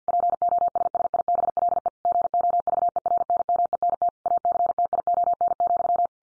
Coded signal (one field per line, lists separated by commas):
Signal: Morse code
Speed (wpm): 50 wpm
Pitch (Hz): 700 Hz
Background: none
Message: POSSIBLE GOVERNMENT ACTION,